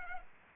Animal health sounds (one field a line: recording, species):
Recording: mosquito wingbeat signal from an infrared sensor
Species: Culex pipiens